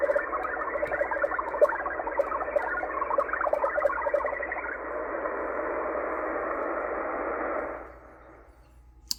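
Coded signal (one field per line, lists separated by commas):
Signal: HF data modem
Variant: XPB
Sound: dense warbling multi-tone data hiss filling the voice band, ending after eight seconds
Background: radio static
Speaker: there you go uh xpb out of Moscow Russia with a digital transmission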